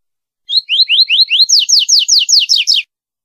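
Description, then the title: Seedeater song: a quick series of about a dozen slurred whistled notes, the first ones rising, the later ones higher and falling, in an otherwise silent background. Female. "Femea De Papa Capim"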